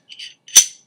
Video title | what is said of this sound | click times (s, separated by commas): S&W M&P .40 Field Strip | you'll hear it lock in place | 0.6 s